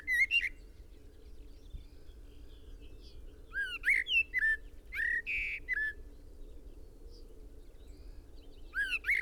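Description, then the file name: Common blackbird phrases of fluted, slurred whistles followed by squeaky high flourishes, repeated after pauses of a few seconds. "Turdus merula"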